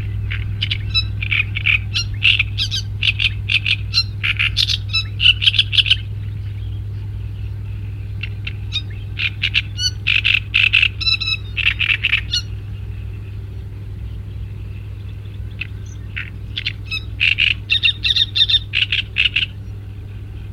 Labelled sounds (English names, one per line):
Great Reed Warbler song